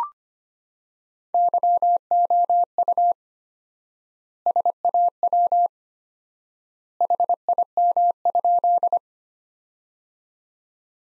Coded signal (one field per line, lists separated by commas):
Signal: Morse code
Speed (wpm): 25 wpm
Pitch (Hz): 700 Hz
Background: none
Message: YOU SAW HIM?